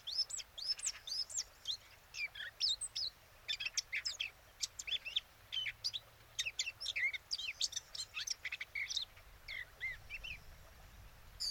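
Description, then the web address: Eurasian blackcap giving a quick run of high sharp and slurred chattering notes, repeated throughout. "SETE data Sylvia atricapilla"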